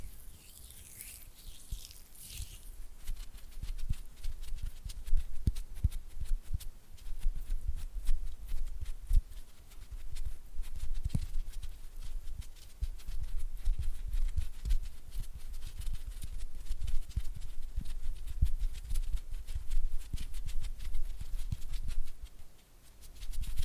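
Oily hands squelch and fingers flutter in a dense, fast run of wet clicks and taps that continues almost without a break for the whole clip. A bright hissy swish opens the first couple of seconds, and a soft low rumble sits underneath throughout.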